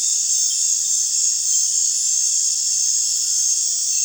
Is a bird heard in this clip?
no